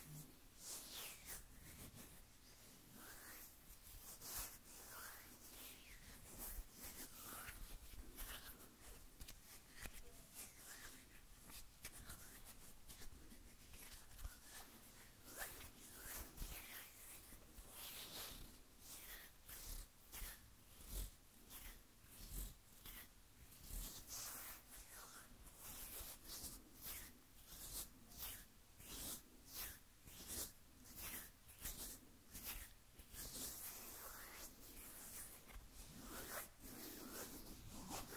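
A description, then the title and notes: Crisp hand sounds of rubbing and scratching, with dense brushing that becomes a steady rhythmic swishing in the second half. Hand Sounds That Will Roll To The Back Of Your Head.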